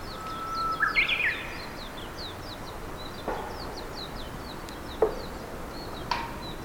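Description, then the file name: Japanese bush warbler song: a long, steady whistled note that breaks into a quick higher flourish. A chattering series of high notes from another bird continues throughout. "Japanese nightingale"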